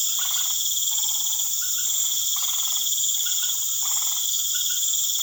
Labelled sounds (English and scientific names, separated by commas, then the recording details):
none
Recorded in pastures near Puerto Asís, Putumayo, Colombia, on 12 March 2025 at 19:30
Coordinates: 0.487, -76.322
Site G077